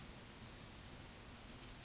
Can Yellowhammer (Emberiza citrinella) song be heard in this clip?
no